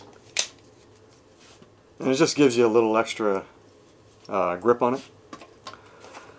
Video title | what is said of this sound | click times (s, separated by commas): Kyocera Dura Force Pro unboxing 4/2018 | This is the case that goes on the back of it, and that's it. Just snaps right in. | 0.4 s